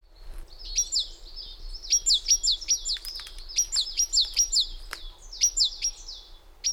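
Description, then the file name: Great tit giving rapid, repeated sharp notes that slide downward, in closely spaced bursts throughout, with a faint click or two. "Parus major"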